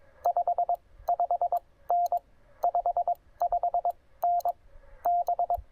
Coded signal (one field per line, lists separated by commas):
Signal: Morse code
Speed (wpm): 21 wpm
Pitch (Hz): 690 Hz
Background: none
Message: 55N 55N B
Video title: Fast & Simple QRP POTA: Table Rock Fish Hatchery with the TR-45L and AX3!